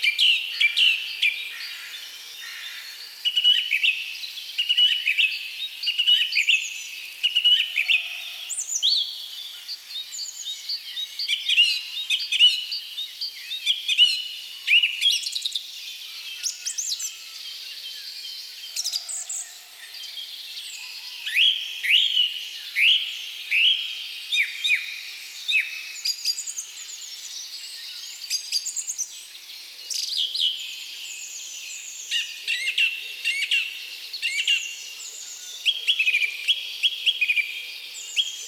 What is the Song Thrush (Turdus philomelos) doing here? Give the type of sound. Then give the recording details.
song. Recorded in the wild. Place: Waltershofen / Freiburg im Breisgau, Baden-Württemberg, DE. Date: 2003-04-13. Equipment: MiniDisc Sharp MT 20 H, Sennheiser MKH 816. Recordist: Schwarz, Dieter. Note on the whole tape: Song